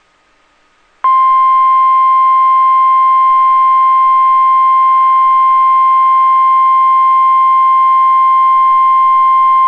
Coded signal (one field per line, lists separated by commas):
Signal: Emergency Alert System (SAME) tones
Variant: 1050 Hz attention tone